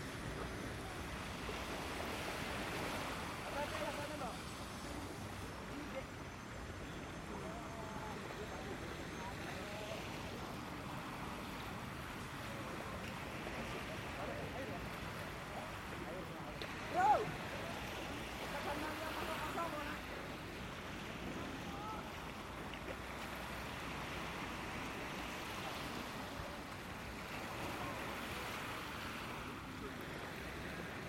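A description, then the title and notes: At a beach, a steady wash of surf and crowd murmur fills the scene, with faint voices mixed in throughout. The level stays even, apart from one short, louder knock or clatter around the seventeen-second mark. Sanur Beach, Bali. Sanur is a seaside town in the southeast of the island of Bali, in Indonesia. Its long stretch of beach offers shallow waters. Colorful jukung fishing boats rest on the sand, backed by a paved cycling path.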